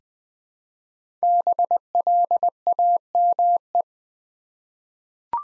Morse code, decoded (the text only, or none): BLAME